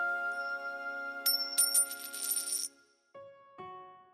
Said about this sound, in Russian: Снял кивер, и из него выпала одна единственная медная монетка.